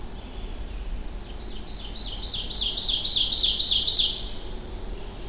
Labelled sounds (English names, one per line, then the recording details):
Ovenbird song
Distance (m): 25 m
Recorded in boreal forest in Alberta, Canada, on 25 June 2016 at 07:13
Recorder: SongMeter 3, array SBT-6-76
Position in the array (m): 302 m, 86 m
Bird 1